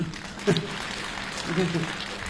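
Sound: audience applause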